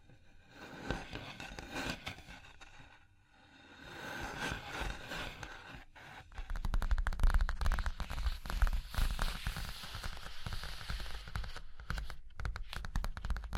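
Tapping, scratching and tracing on a surface, with dense rapid scraping strokes that come in bursts. The first six seconds are lighter, with a short pause near three seconds, then the scratching turns heavier and louder with a low rumble underneath, continuing with brief gaps until the end.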